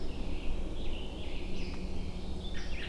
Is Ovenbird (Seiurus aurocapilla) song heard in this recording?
no